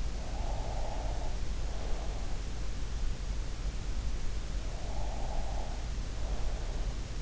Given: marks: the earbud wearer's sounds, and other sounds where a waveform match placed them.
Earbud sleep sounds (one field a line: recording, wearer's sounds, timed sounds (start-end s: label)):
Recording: sounds in sleep by an in-ear microphone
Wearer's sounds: breath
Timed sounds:
0.21-2.68 s: breath
4.62-7.22 s: breath